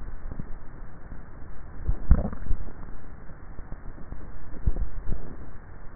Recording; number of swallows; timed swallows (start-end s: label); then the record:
swallowing sounds by neck microphone; 2
1.83-2.73 s: swallow
4.63-5.33 s: swallow
From the record:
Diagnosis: dysphagia